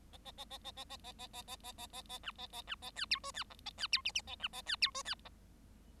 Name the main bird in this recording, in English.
Bengalese Finch